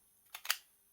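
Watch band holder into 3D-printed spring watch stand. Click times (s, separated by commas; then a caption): 0.5 s. A watch band holder is pushed into the cutouts of a 3D-printed plastic spring watch stand. A soft click at 0.35 s is followed by a sharper, brighter click at 0.5 s as it seats. The holder is now held firmly in place.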